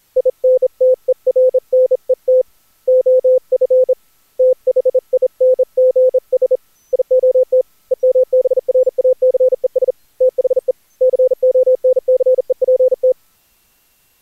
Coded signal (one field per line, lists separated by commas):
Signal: Morse code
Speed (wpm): 29 wpm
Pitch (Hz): 510 Hz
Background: none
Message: INTERNET OF THINGS IOT EMBRACES THE CONCEPT